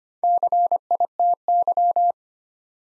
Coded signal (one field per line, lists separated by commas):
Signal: Morse code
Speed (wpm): 26 wpm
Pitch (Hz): 700 Hz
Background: none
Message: CITY